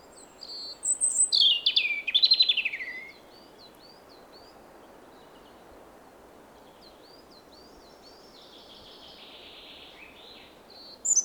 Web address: SETE Erithacus rubecula